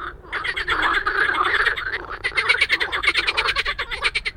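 Frogs calling in a dense chorus, overlapping raspy croaks and rapid clicking pulses, growing more rhythmic and pulsed in the second half.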